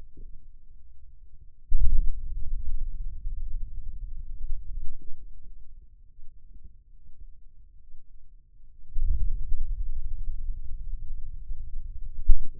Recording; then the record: forearm muscle sounds (acoustic myography)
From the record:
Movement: ulnar deviation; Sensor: system 2, bracelet of six BSWA MPA416 microphones around the upper forearm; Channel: 5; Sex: male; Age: 22 years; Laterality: right